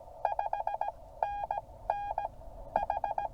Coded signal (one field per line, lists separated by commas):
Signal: Morse code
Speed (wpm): 17 wpm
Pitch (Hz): 810 Hz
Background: none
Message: 5NN H